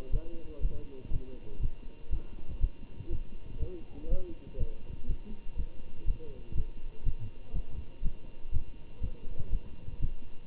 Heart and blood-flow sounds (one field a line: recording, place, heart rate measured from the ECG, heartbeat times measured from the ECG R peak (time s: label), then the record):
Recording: heart sounds by stethoscope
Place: between the tricuspid and mitral areas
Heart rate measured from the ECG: 121 bpm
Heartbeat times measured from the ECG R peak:
0.10 s: heartbeat
0.60 s: heartbeat
1.10 s: heartbeat
1.60 s: heartbeat
2.10 s: heartbeat
2.60 s: heartbeat
3.09 s: heartbeat
3.59 s: heartbeat
4.08 s: heartbeat
4.57 s: heartbeat
5.06 s: heartbeat
5.56 s: heartbeat
6.05 s: heartbeat
6.54 s: heartbeat
7.03 s: heartbeat
7.52 s: heartbeat
8.02 s: heartbeat
8.51 s: heartbeat
9.00 s: heartbeat
9.50 s: heartbeat
9.99 s: heartbeat
From the record:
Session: Bruce protocol treadmill stress test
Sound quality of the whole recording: good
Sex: male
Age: 25 years